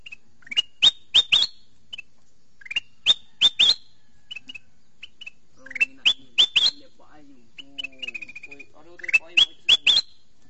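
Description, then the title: Sooty-headed bulbul gives repeated clusters of sharp upslurred whistles, several groups spaced a second or two apart, with a brief soft chatter between. "Suara Burung Kutilang"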